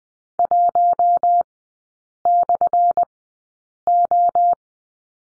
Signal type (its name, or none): Morse code